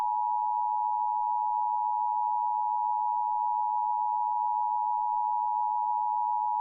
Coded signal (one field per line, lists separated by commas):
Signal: Emergency Alert System (SAME) tones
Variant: 853 and 960 Hz attention tone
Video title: June 2021 Oklahoma Required Monthly Test (Subchannel Showcase Part 2) | 6/8/21 | EAS 285-288